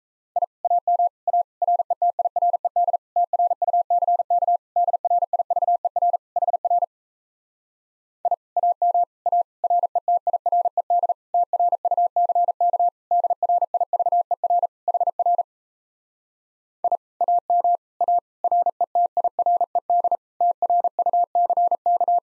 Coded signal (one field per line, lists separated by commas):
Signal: Morse code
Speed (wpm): 37 wpm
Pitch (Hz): 700 Hz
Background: none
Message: I AM A RETIRED TRUCK DRIVER HR I AM A RETIRED TRUCK DRIVER HR I AM A RETIRED TRUCK